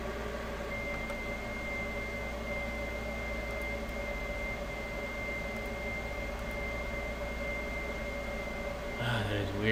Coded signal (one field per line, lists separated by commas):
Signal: FT8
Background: speech